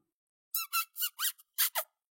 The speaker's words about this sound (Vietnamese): Đột nhiên tiếng kêu sắc bén khiến linh hồn người ta cũng kích động vang lên. Một con chuột màu tím to cỡ cái cối đá nhảy lên, cuối cùng rơi đúng ngay trên lưng của thanh lân ưng.